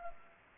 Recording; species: mosquito wingbeat signal from an infrared sensor; Culex pipiens